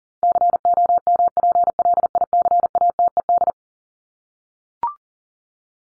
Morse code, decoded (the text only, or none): COMPLICATED